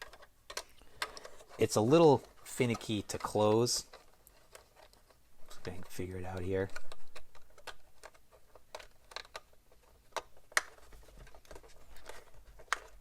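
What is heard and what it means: Someone talks while handling a finicky plastic latch on an accessory of an FMS Atlas 6x6 RC crawler, with light plastic taps and small clicks throughout and sharper ticks near 10.6 and 12.7 seconds. The latch has not clicked shut or seated yet when the clip ends.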